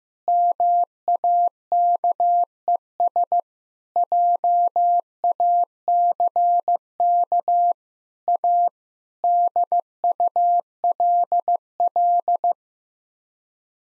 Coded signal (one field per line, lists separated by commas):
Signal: Morse code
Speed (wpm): 15 wpm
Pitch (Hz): 700 Hz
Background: none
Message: MAKES JACK A DULL